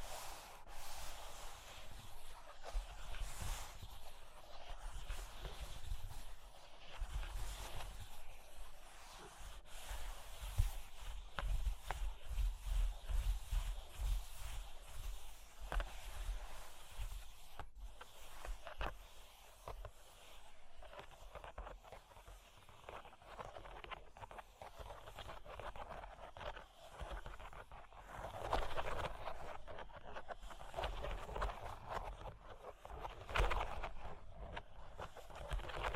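Cork and wood being tapped, scratched and traced, producing a dense, continuous run of small dry scrapes and clicks with no pauses. The sound stays fairly even throughout, slightly busier and louder around 10–15 seconds and again near 29 and 34 seconds, with a low rumble underneath.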